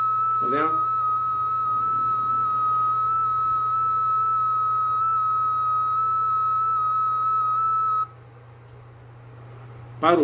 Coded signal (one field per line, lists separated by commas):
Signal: FT8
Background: speech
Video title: Minha experiência com FT8